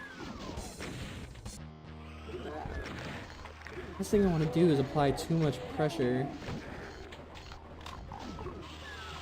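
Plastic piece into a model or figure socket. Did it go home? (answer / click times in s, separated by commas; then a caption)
no / none. Someone tries to fit a small plastic piece into its socket on a model or figure, holding back on pressure so it won't break, while someone talks. Light handling knocks and taps are heard, but the piece has not clicked or seated.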